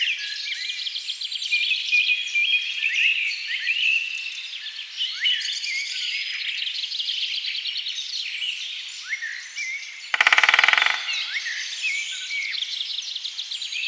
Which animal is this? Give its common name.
Great Spotted Woodpecker